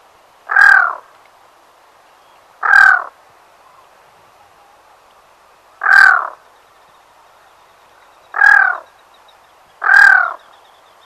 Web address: black-throated loon